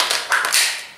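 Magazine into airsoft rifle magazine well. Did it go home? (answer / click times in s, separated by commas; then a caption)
yes / 0.0 s, 0.1 s. A metal mid-cap magazine is pushed into the magazine well of a G&G RK47 AK-type airsoft rifle. Two sharp tapping clicks land at 0.0 s and 0.1 s, followed by a couple of softer bright rattles that fade out over the next second. The magazine clips in and seats perfectly.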